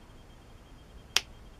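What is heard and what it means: Plastic leg halves of a Bandai 1/12 scale Scout Trooper model kit figure, a right leg, are pushed together in quiet until the peg joint snaps into place. It makes one sharp, bright click at 1.2 s, and a fainter tick follows at 1.6 s. The leg part is seated home.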